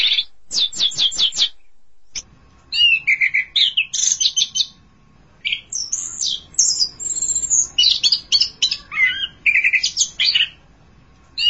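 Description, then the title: Thrush song, opening with a burst of rapid sharp notes, then after a pause a long varied run of whistles and trills. "burung anis x"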